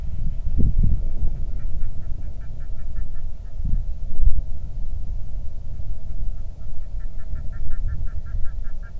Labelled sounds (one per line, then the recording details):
waterfowl
wind
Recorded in the Arctic National Wildlife Refuge, Alaska, on 3 August 2019 at 10:11
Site 46